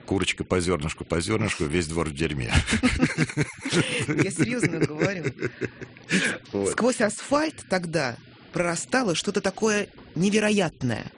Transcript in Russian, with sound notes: Курочка по зернышку, по зернышку – весь двор в дерьме.
(смеются) Я серьезно говорю.
Вот.
Сквозь асфальт тогда прорастало что-то такое, невероятное.